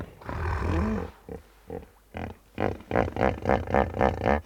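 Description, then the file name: Hippopotamus vocalising with a drawn-out groan, then a rapid series of pulsed grunts building in strength. Hippos making sounds nearby in the river. "Virtahevot Hippopotamus Hippos Making Sounds Nearby In The River"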